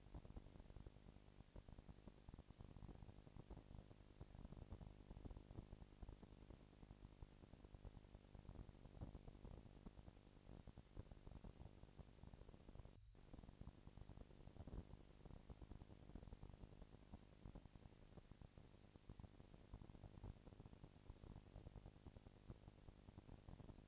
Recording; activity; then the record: daily activity, microphone in the room; no activity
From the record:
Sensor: 5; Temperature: 19.8 degrees Celsius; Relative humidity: 36.7%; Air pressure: 997.2 hPa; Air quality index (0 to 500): 169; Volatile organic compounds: 14 ppm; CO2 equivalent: 2439 ppm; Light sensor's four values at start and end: 2/3/1/1 and 2/3/1/1